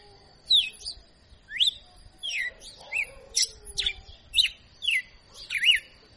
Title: Canto Galo Campina Fêmea. Galo de Campina Professor Açoitando